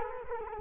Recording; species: mosquito wingbeat signal from an infrared sensor; Culex quinquefasciatus